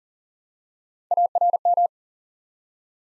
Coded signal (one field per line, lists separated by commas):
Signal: Morse code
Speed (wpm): 42 wpm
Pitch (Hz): 700 Hz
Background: none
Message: ARM